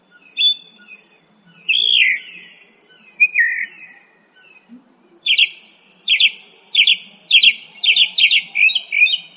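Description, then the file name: Northern mockingbird singing varied phrases: slurred whistles and a rising-falling note, then sharp chip-like notes repeated in a quick series. "kicauan burung northern mockingbird. omkicau"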